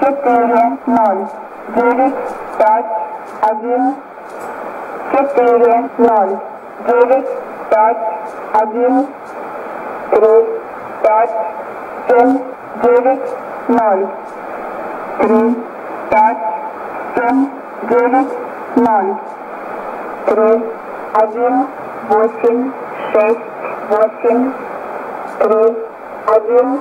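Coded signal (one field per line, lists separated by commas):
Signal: numbers station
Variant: S06s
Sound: a voice reading short numbers one by one at a steady pace over radio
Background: radio static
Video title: 03 03 2015 Numbers station S06s 1014 on 7340 USB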